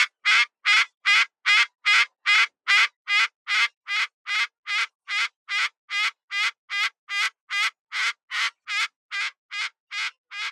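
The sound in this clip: Umbrella cockatoo squawks, harsh loud screeches repeated steadily about two and a half times per second, with nothing else heard.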